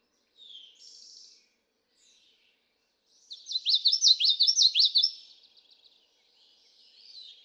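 Common yellowthroat song: a fast burst of several repeated rolling, high-pitched phrases lasting under two seconds, with soft high chirps before and after.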